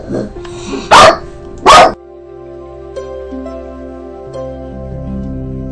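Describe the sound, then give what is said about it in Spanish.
A small female dog lets out two sharp, high-pitched barks in quick succession after the doorbell rings, wanting to go open the door, followed by a steady low tonal hum with no more barking. “Bueno, tuve que hacer aquí una pausa porque tocaron el timbre y mi perrita pues quiere ir a abrir.”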